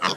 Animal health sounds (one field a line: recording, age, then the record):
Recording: pig call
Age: piglet (1 to 25 days)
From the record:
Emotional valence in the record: positive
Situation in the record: before nursing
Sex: male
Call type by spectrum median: low-frequency call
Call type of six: low-frequency tonal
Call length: 0.16 s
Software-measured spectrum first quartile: 1008 Hz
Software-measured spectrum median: 1781 Hz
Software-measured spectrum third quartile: 3487 Hz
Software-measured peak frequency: 1224 Hz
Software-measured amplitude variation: 137 dB a second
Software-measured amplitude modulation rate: 9.1 a second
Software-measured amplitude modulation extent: 15.0 dB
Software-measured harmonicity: 0.2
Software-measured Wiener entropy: -1.47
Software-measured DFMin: 799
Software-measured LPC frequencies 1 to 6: 1173, 1874, 2766, 3387, 4212, 4812 Hz